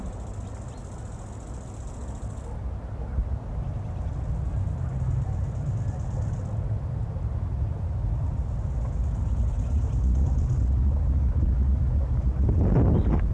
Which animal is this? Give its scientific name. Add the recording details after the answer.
Chorthippus biguttulus. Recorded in the wild. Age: imago. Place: Strausberg, Annatal, Brandenburg, DE. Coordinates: 52.5533, 13.8808. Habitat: meadow. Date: 1989-08-12 18:00. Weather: bedeckt; 26 °C. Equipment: Riporter 6 RG-K, Sennheiser MKH 416 T, Kopie Uher Report Stereo IC. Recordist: Frommolt, Karl-Heinz